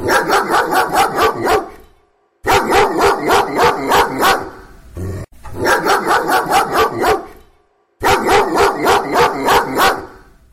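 Dog barking in rapid bursts of several sharp barks, each burst lasting roughly two seconds and separated by brief pauses, the pattern repeating.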